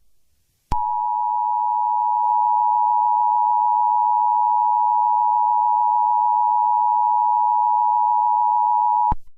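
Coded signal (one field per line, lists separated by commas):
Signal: Emergency Alert System (SAME) tones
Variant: 853 and 960 Hz attention tone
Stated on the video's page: Fictional EAS scenario, a simulated alert rather than a real broadcast.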